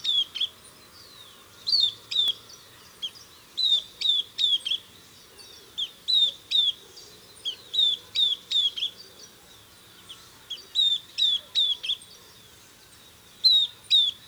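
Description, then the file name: Southern beardless tyrannulet uttering thin high downslurred notes in short groups, repeated throughout. "Camptostoma obsoletum - Southern Beardless Tyrannulet"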